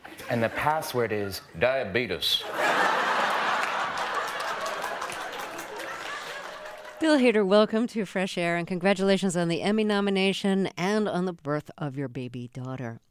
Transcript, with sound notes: and the password is "diabetes."
(LAUGHTER)
Bill Hader, welcome to FRESH AIR, and congratulations on the Emmy nomination and on the birth of your baby daughter,